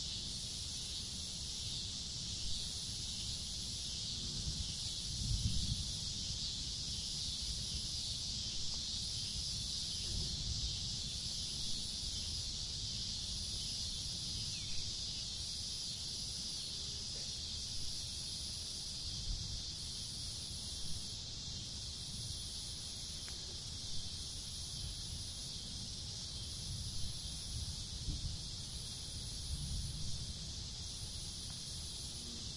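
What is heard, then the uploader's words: Cicadas hum in an unbroken, dense wall of high buzzing that holds steady for the whole stretch, with a faint regular pulsing on top. Underneath, a soft low rumble swells now and then, like light wind or traffic. The ambient hum of cicadas.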